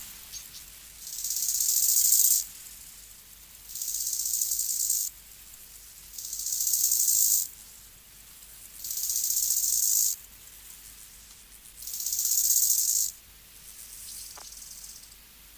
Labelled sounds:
Bow-winged Grasshopper (Chorthippus biguttulus) stridulation

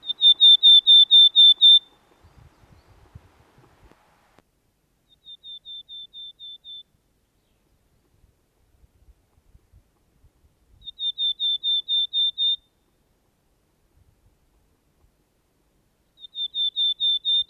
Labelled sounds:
Willow Tit (Poecile montanus) song

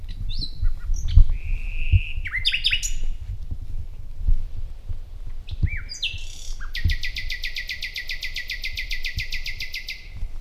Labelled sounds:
Common Nightingale (Luscinia megarhynchos) song

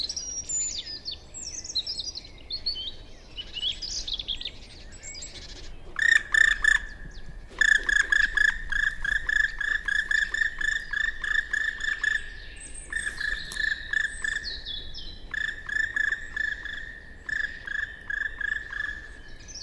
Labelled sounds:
Black Woodpecker (Dryocopus martius) flight call

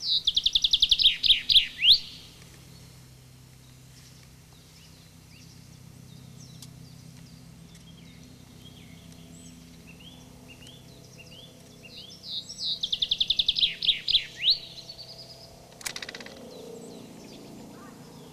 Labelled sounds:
Common Chaffinch (Fringilla coelebs) song

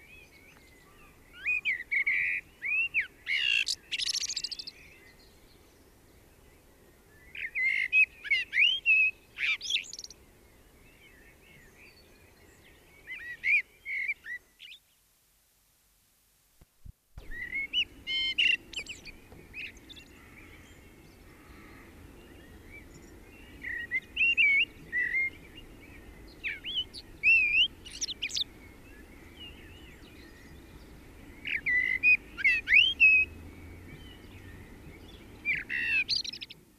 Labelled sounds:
Common Blackbird (Turdus merula) song

